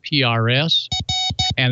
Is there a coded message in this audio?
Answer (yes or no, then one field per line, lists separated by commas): no